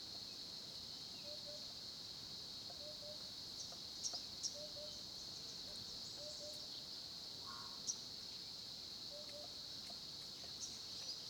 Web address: Tonschliff - SOUTH AFRICAN CRICKETS BG South Africa Kruger Olifants 1030 am small pond